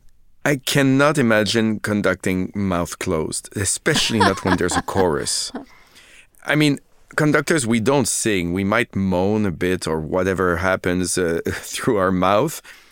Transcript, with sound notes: I cannot imagine conducting mouth closed, especially not when there's a chorus.
(Laughter).
I mean, conductors, we don't sing. We might moan a bit or whatever happens through our mouth.